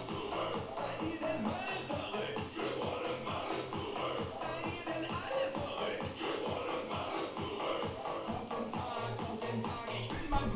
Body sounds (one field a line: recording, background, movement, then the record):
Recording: deep breathing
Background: music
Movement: sitting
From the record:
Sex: female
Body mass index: 18.8 kg/m2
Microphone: on the chest, facing outward